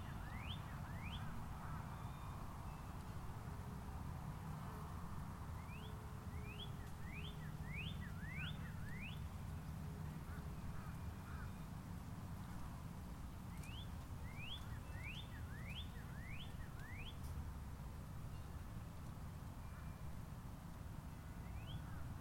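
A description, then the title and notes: A golf course in Palm Harbor, Florida, carries a steady low rumble like passing traffic the whole time. Over it, a bird gives quick bursts of rising chirps in series, around the start, near six to nine seconds, fourteen to seventeen seconds, and briefly at the end. Golf Course, Palm Harbor FL.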